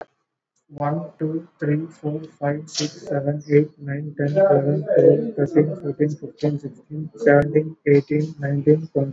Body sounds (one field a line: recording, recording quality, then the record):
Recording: counting at a normal pace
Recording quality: excellent, no background noise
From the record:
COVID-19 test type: RT-PCR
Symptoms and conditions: cough, cold, sore throat, fever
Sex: male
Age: 26 years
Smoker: no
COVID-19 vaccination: both doses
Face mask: worn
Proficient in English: yes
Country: India